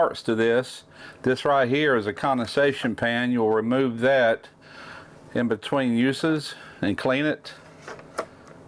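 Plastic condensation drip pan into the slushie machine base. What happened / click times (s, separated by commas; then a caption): Handled, not yet home: plastic pan being fitted, no seating yet / none. Someone talks while handling the removable plastic condensation drip pan of an EcoViva slushie machine, which is meant to be removed and cleaned between uses, and moves it toward the machine base. A brief sharp sound occurs near 8.2 s. The pan is handled but not yet home; nothing has seated or clicked into place yet.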